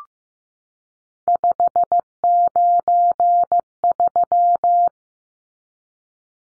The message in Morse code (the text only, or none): 593